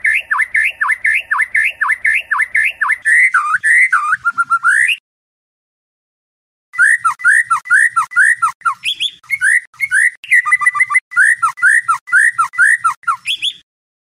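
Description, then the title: White-rumped shama song: fast run of sweeping whistled notes, then a brief pause and another rapid, varied series of looping whistles. Master (tutor) song recording, termed 'masteran' in Indonesian, for birds to learn from. "MURAI BATU LABAIK"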